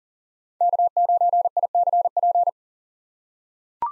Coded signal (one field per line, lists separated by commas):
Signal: Morse code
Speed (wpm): 40 wpm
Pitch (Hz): 700 Hz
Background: none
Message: K9ICP